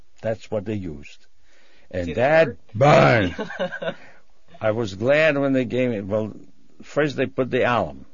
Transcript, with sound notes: That's what they used.
Did it hurt? (laughs)
I was glad when they gave me, well, first they put the alum.